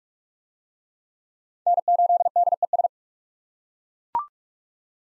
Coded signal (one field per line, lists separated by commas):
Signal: Morse code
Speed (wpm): 39 wpm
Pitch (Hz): 700 Hz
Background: none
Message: N8DES